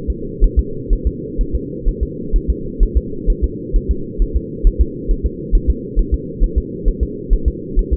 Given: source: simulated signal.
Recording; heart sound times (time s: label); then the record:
fetal heart sounds
0.10 s: S2
0.44 s: S1
0.59 s: S2
0.93 s: S1
1.07 s: S2
1.41 s: S1
1.55 s: S2
1.89 s: S1
2.03 s: S2
2.36 s: S1
2.50 s: S2
2.83 s: S1
2.97 s: S2
3.30 s: S1
3.44 s: S2
3.76 s: S1
3.91 s: S2
4.22 s: S1
4.36 s: S2
4.67 s: S1
4.81 s: S2
5.11 s: S1
5.26 s: S2
5.55 s: S1
5.70 s: S2
5.99 s: S1
6.14 s: S2
6.44 s: S1
6.58 s: S2
6.88 s: S1
7.03 s: S2
7.33 s: S1
7.48 s: S2
7.79 s: S1
7.93 s: S2
From the record:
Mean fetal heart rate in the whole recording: 130 bpm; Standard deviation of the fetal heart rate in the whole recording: 4 bpm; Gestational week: 38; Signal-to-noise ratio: -4.3 dB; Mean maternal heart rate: 72 bpm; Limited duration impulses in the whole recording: absent